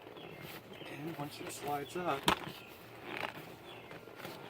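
A plastic seat back panel on a 2011–2014 Suburban seat is slid up into position on the seat frame, with the seat material trapped inside, during a lumbar support repair. Someone talks over brief handling noises. Nothing has seated or clicked yet.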